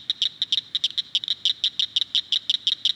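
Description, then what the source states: Cricket frog call: a rapid series of many sharp, dry clicks, like small castanets. Sounds like little castanets, little clicking noises.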